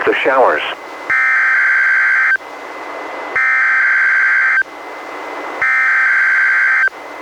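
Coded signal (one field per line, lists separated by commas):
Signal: Emergency Alert System (SAME) tones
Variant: header bursts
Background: speech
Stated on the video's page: Required weekly test from NWS Portland relayed by NOAA Weather Radio station KEC91 in Astoria, received on a Reecom R-1630 weather radio and recorded with a Zoom H1.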